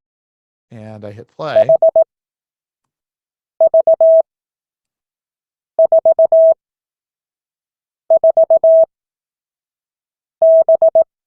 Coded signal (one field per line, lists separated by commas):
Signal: Morse code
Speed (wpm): 18 wpm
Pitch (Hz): 650 Hz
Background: speech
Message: HV44B